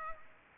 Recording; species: mosquito wingbeat signal from an infrared sensor; Culex pipiens